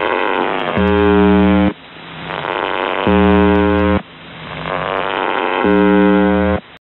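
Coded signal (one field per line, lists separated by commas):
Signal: numbers station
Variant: UVB-76 (The Buzzer)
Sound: three harsh low buzzes, each about one second, separated by hissy radio noise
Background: radio static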